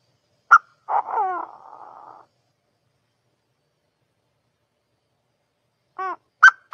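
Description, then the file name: Partridge calling: a sharp note, then a descending ringing note fading into a buzzy trill, a long silence, and a fresh sequence of harmonic and harsh notes. Male partridge from Thailand. "tieng ga go trong thai lan"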